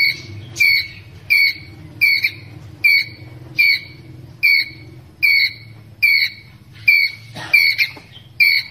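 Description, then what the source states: Ground squirrel giving a long run of short, sharp, squeaky calls spaced about 0.8 seconds apart, with a few doubled notes near the end. Ground squirrel calling its group.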